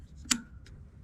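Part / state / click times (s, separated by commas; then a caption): plastic battery guard onto a shifter battery housing / seated / 0.3 s. A plastic guard from the kit is pressed over the removable battery housing of a 2022 Kona Woo fat bike's electronic shifting component. It snaps into place with a sharp, bright tick at 0.3 s, followed by a fainter, softer tick at 0.7 s over a low background hum. The guard is seated.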